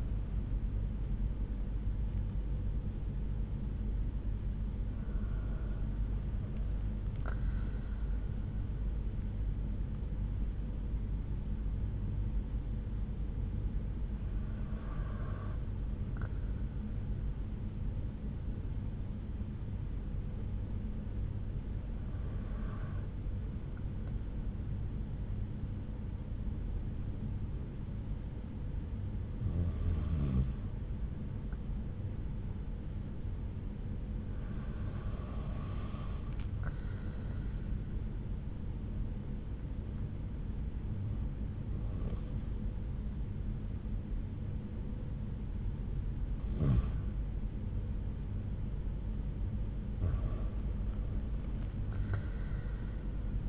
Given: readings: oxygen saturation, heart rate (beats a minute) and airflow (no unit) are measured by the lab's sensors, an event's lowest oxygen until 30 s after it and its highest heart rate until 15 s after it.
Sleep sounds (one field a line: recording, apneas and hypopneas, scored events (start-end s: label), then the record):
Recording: breathing in sleep by a smartphone at the bedside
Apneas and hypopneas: 1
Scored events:
3.00-30.00 s: hypopnea (N1, oxygen 97% highest, then 92% lowest)
50.00-53.49 s: new sleep stage, N2 (light sleep)
From the record:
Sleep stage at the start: N1 (lightest sleep)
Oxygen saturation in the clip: 92 to 97%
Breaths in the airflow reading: 8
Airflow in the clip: -5.9 to 8.1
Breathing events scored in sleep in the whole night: 368 in 8.0 hours asleep